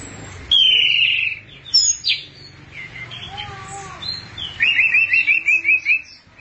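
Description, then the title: Thrush song opening with a loud buzzy phrase, then scattered sharp notes and a fast rattling trill of repeated chips near the end. "burung anis x"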